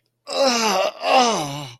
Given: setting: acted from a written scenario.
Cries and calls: vocal sound without words; pain

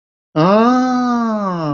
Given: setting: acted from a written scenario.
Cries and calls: vocal sound without words; realization

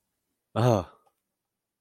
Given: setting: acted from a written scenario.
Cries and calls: vocal sound without words; fear

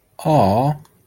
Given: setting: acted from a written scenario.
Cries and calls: vocal sound without words; adoration

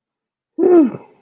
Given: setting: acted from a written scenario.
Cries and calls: vocal sound without words; pride

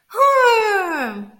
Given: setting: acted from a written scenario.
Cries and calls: vocal sound without words; pride

